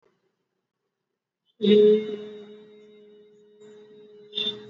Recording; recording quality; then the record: sustained vowel as in beet; excellent, no background noise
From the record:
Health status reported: exposed to COVID-19, no respiratory illness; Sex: male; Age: 55 years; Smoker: no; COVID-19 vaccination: both doses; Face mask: worn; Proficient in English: yes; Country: India